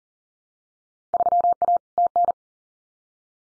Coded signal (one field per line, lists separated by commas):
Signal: Morse code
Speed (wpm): 41 wpm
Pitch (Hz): 700 Hz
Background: none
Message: 3A TN